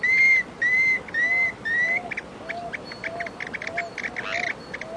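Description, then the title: Planalto tyrannulet giving four clear, slightly rising whistled notes about half a second apart, followed by softer short notes and chips. "LuckyPassaro Completos2Sama. Planalto Tyrannulet (Phyllomyias fasciatus)"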